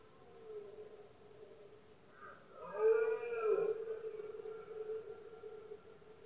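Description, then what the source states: Red deer giving a single drawn-out bellow midway, swelling then fading, over a faint steady background hum. Male red deer bellowing during the rutting season, known in Spanish as berrea or brama, heard especially at night in Spain; soundscape.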